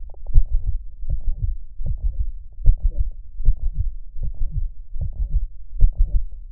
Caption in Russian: ПМК дистанционно верхушка на боку.